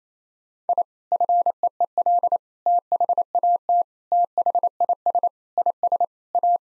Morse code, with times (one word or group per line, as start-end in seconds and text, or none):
0.7-0.8 I
1.1-2.4 FEEL
2.7-3.8 THAT
4.1-5.3 THIS
5.6-6.0 IS
6.3-6.6 A